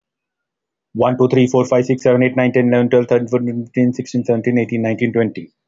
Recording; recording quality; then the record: counting at a fast pace; excellent, no background noise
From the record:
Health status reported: healthy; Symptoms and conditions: none ticked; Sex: male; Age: 50 years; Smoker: not ticked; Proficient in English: yes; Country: India